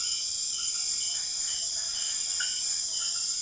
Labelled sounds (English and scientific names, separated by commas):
none